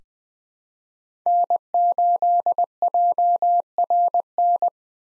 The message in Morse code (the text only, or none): N8JRN